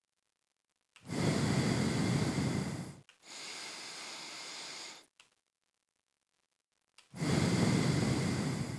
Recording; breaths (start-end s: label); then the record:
nose breathing near a microphone
0.95-3.10 s: exhalation
3.10-5.20 s: inhalation
7.00-8.79 s: exhalation
From the record:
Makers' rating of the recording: medium